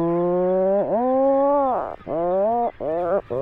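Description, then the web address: Atlantic puffin giving low, moaning harmonic calls, a long even groan dipping sharply, then shorter rising-and-falling groans in quick succession. "Songs of Birds of North America Know Your Bird Sounds Common Western Species. Atlantic Puffin"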